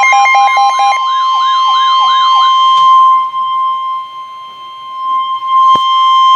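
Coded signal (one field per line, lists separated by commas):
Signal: Emergency Alert System (SAME) tones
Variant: 1050 Hz attention tone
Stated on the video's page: NOAA Weather Radio flood warning.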